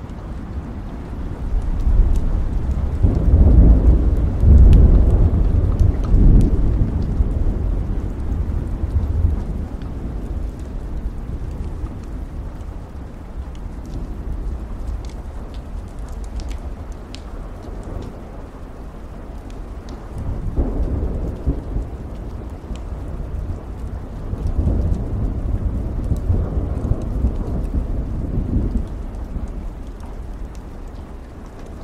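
Steady rain hisses throughout while deep thunder rumbles swell around four to seven seconds, again near twenty, and near twenty-five seconds.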